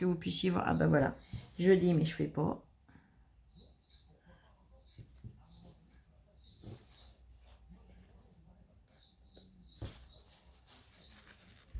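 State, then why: Not seated. Someone talks while handling a plastic cap on a small craft ink bottle, pressing it toward closing; after the speech, only faint quiet handling sounds follow. The cap has not seated or clicked shut yet.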